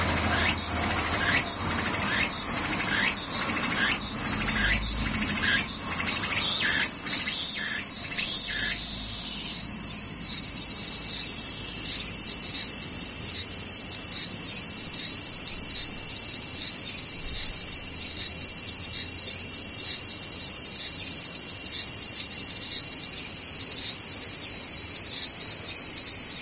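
Cicadas buzz in a dense, steady high drone, with rhythmic pulsing calls through the first nine seconds before settling into a continuous shrill hum.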